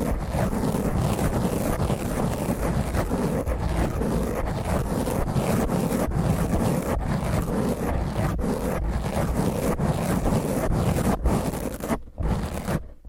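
Fingernails scratch roughly across a microphone in a dense, steady rasping roar with heavy low rumble, briefly dropping out near twelve seconds.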